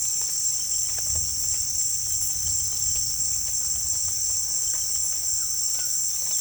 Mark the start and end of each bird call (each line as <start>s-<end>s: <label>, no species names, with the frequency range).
5.23s-6.35s: bird call (1.0-4.4 kHz)